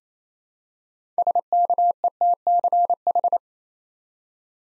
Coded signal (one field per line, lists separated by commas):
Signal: Morse code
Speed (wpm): 27 wpm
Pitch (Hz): 700 Hz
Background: none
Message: SKETCH